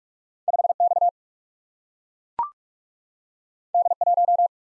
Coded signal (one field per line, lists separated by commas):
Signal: Morse code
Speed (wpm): 42 wpm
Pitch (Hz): 700 Hz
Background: none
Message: 5X D1